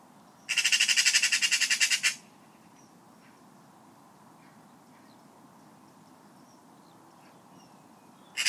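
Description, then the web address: Bird giving a harsh, buzzy call of rapid pulses lasting about one and a half seconds, another starting at the very end, with faint high chirps between. Call labelled "Pi Pi Pi Pi"; from a 2025 bird-only sound dataset. "Deverinetal 2025 Bird Only More Classes Pi Pi Pi Pi"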